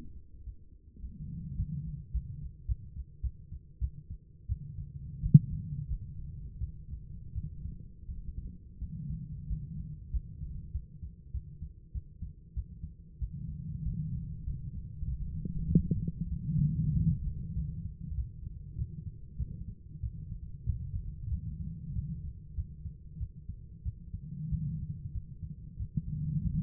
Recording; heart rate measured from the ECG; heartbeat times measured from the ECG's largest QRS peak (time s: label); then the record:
heart sounds by stethoscope; 95 bpm
0.44 s: heartbeat
1.00 s: heartbeat
1.56 s: heartbeat
2.12 s: heartbeat
2.66 s: heartbeat
3.21 s: heartbeat
3.79 s: heartbeat
4.47 s: heartbeat
5.21 s: heartbeat
5.88 s: heartbeat
6.58 s: heartbeat
7.33 s: heartbeat
8.06 s: heartbeat
8.79 s: heartbeat
9.48 s: heartbeat
10.11 s: heartbeat
10.72 s: heartbeat
11.32 s: heartbeat
11.92 s: heartbeat
12.54 s: heartbeat
13.19 s: heartbeat
13.83 s: heartbeat
14.44 s: heartbeat
15.05 s: heartbeat
15.66 s: heartbeat
16.29 s: heartbeat
16.92 s: heartbeat
17.54 s: heartbeat
18.15 s: heartbeat
18.76 s: heartbeat
19.37 s: heartbeat
20.01 s: heartbeat
20.64 s: heartbeat
21.29 s: heartbeat
21.93 s: heartbeat
22.55 s: heartbeat
23.18 s: heartbeat
23.83 s: heartbeat
24.49 s: heartbeat
25.12 s: heartbeat
25.77 s: heartbeat
26.42 s: heartbeat
From the record:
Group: healthy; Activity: cold pressor test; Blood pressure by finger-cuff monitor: 96/55 mmHg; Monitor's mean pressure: 73 mmHg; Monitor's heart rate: 96 bpm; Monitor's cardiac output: 8.5 L/min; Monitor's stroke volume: 85 mL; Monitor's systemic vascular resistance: 590 dyn s/cm5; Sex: female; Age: 24 years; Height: 163 cm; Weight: 55.7 kg